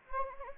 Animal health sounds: mosquito wingbeat signal from an infrared sensor; Anopheles arabiensis

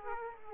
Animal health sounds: mosquito wingbeat signal from an infrared sensor; Aedes aegypti

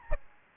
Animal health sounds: mosquito wingbeat signal from an infrared sensor; Aedes albopictus

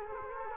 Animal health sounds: mosquito wingbeat signal from an infrared sensor; Culex quinquefasciatus

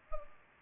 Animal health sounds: mosquito wingbeat signal from an infrared sensor; Culex pipiens

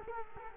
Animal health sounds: mosquito wingbeat signal from an infrared sensor; Culex quinquefasciatus

